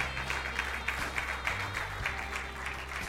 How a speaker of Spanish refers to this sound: Por eso en Isaías 10:27, denle un aplauso fuerte a nuestro Dios.